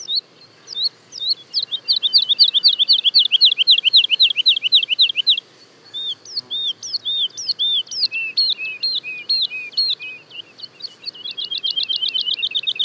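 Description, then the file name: Woodlark song: a fast run of liquid looping notes, then slower, varied whistled notes, ending with a rapid high trill. Daytime song and duet of woodlarks, Le Puech, France. "alouette lulu chant de jour et duett Le Puech F"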